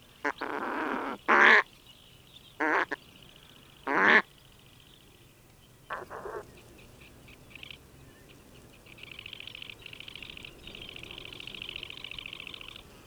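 Steller's eider giving a few loud, rough, nasal calls, followed by softer ones; a steady high-pitched chirring fills the end.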